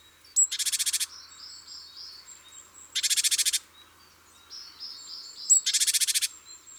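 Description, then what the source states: Great tit giving three dense buzzy churrs, the first and last preceded by a short high note, with faint high notes between. Garden bird; the tsi crin crin crin call, played for comparison with the blue tit's call.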